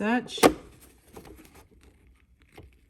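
An embroidery hoop is slid onto the carriage arm of a Brother PE800 embroidery machine with its slots lined up, but it has not snapped into place and nothing has clicked yet. Someone talks briefly at the start, followed by a sharp knock near 0.5 s, faint handling rustles, and a small tap near 2.6 s.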